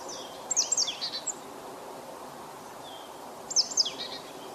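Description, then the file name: Marsh tit calls: two groups of quick, high sharp notes falling into brief chatter, three seconds apart, with a steady roaring noise behind. "Poecile palustris"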